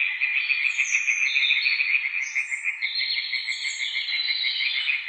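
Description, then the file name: European tree frogs calling together in a loud, fast, steady rattle of pulsed croaks, with higher-pitched sounds overlapping at times. Several tree frogs calling near Witteveen, Netherlands. "Boomkikkers bij Witteveen - Sound Cloud - luc de bruijn"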